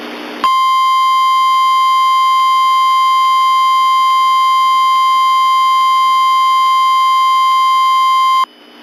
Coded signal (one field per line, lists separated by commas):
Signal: Emergency Alert System (SAME) tones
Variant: 1050 Hz attention tone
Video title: EAS Mock - Rare SoCal Twister read by Donna